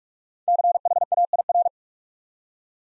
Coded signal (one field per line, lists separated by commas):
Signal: Morse code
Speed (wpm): 44 wpm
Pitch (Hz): 700 Hz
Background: none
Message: CHAIR